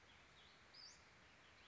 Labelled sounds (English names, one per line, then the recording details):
Western Flycatcher
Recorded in Sonoma County, California